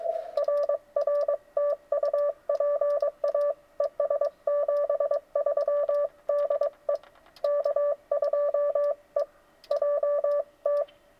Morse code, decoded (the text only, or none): RR TU PA ES 73 DE K2EJT